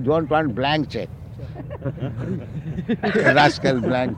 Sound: devotees laugh